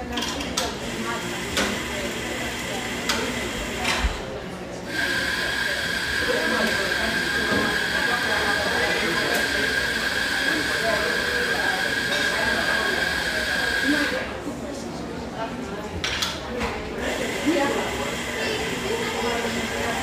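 Steady murmur of chatter in a mellow exposed-brick spot, with clinks and a thin high whine holding from five to fourteen seconds.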